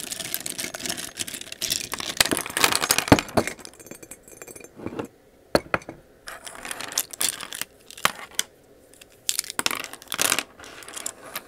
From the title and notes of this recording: Random ASMR triggers (slime, tapping, etc).